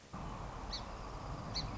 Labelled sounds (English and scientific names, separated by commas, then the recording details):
Song Sparrow (Melospiza melodia)
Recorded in Sonoma County, California